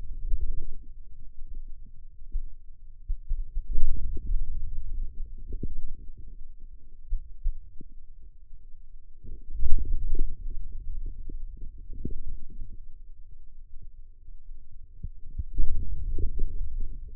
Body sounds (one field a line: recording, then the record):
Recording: forearm muscle sounds (acoustic myography)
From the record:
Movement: hand opening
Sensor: system 2, bracelet of six BSWA MPA416 microphones around the upper forearm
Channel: 6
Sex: male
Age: 22 years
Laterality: right